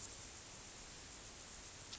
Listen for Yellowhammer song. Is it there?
no